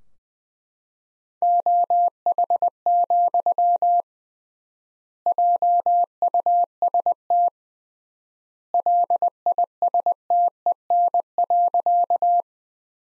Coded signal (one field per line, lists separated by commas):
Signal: Morse code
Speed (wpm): 20 wpm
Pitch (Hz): 700 Hz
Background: none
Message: OH, JUST LISTEN.